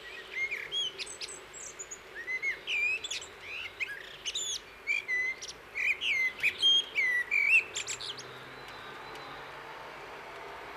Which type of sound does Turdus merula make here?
song